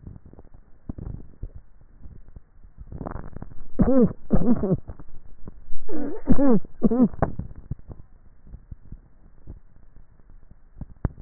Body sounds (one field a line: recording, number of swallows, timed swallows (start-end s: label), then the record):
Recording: swallowing sounds by neck microphone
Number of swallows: 2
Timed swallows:
1.05-2.42 s: swallow
8.48-9.58 s: swallow
From the record:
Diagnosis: dysphagia